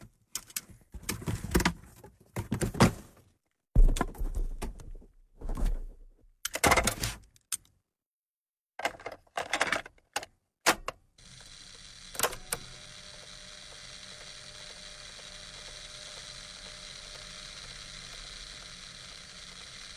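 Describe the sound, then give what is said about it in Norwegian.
A cassette is loaded into a player: a run of sharp plastic clacks and mechanical clicks, a brief pause, then the steady hiss of the tape starting to play. “jeg har fundet et bånd her lige inden vi startede, som hedder …. Og lad os sætte det på.”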